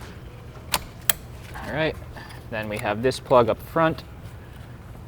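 Two brief sharp knocks at about 0.7 and 1.1 s come while someone handles the engine harness plug at the front of the engine on a Mercedes W203 C350 with an M272/M273 engine during a PCV replacement. Someone then talks as the plug is readied to be pushed on. Nothing has seated or clicked yet when the clip ends.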